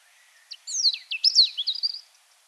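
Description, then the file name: European robin singing a single short burst of rapid, high, squeaky warbling notes. "Erithacus rubecula"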